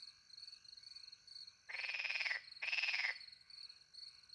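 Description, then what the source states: Frog giving two long, loud croaking bursts in quick succession, with crickets trilling steadily in the background. Several frogs with crickets, countryside by night near a little pond, France; microphones hidden in a tree close to the pond; two Usi pro microphones into a Mixpre 10 II recorder.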